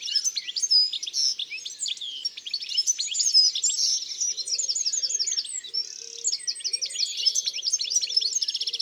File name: Verdier-d Europe-ABC-des-chants-doiseaux